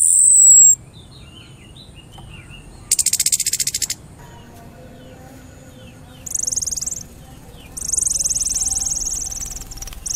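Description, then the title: Orange-headed thrush calls: a thin, high, slightly falling whistle, then three harsh buzzy rattling bursts of varying length, with faint chirps in between. Orange-headed thrush giving 'cip' and 'brebetan' call types. "Anis Merah Suara Cip & Brebetan"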